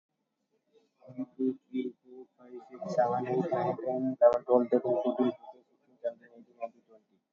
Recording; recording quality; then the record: counting at a normal pace; excellent, no background noise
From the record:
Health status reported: COVID-19 positive, moderate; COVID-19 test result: positive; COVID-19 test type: RT-PCR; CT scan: not taken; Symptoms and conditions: cough, diarrhoea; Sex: male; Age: 24 years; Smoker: no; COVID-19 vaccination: none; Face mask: not worn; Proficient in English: yes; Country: India